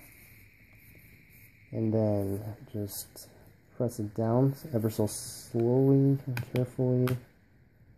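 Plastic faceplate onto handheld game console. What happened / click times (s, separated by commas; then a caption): Cover plate positioned, not yet snapped in / none. A plastic faceplate is held over a handheld game console, its tabs lined up with two holes before it is pressed down to snap in. Someone talks throughout over faint handling rustles. Nothing has seated or clicked yet in this clip.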